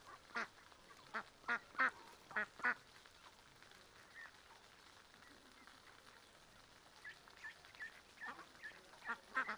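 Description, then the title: Mallard quacks, a quick series of nasal calls at the start, a lull, then more quacks toward the end over running water. Sunday afternoon at a small river in a park, Griñón, Madrid, Spain; adults, young and ducklings with mothers; excited when fed, young begging for food; Zoom H1n recorder. "Paseo de la Senda, 34, 28971 Griñón, Madrid, España - Tarde en el parque del río con patos. patos griñon"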